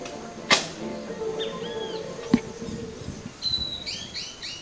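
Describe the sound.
Bird: a few sharp clicks, then a bird gives soft whistled slurs and a closing series of bright chirping notes over faint background hiss.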